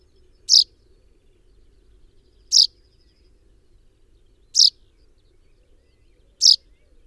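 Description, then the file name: Common chaffinch: four crisp, high-pitched call notes, evenly spaced about two seconds apart, with quiet low background noise between them. "Fringilla coelebs"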